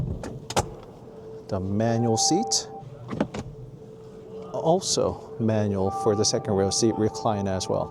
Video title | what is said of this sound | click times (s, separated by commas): 2026 Hyundai IONIQ 9 Rear Seat Test: Is This the Best EV Lounge? | तो बस इस आदमी को पीछे धकेल दें, यह वैसे ही लॉक हो जाएगा, | 0.5 s